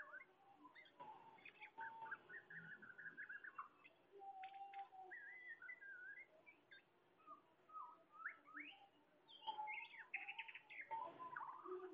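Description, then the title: Bird song, a busy stream of fast chirps, trills and whistled phrases, continuous throughout with brief louder bursts. "SuaraBurung Kicau"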